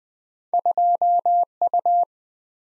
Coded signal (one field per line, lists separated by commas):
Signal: Morse code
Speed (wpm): 23 wpm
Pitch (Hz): 700 Hz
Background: none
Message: 2U